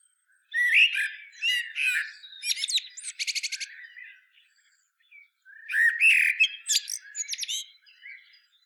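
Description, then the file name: Common blackbird delivering strained, squeaky phrases, including a rapid rattling series of clicks, then a pause before another burst of high twittering notes. "Turdus merula"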